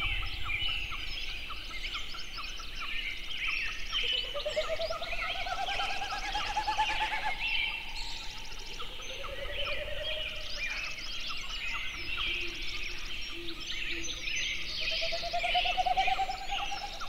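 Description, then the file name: Snipe heard in three separate rising runs of rapid hollow pulses, spaced several seconds apart, beneath steady high-pitched bird chatter. Recorded 21 June 2008 at 04:33. "080621-0433 snipes"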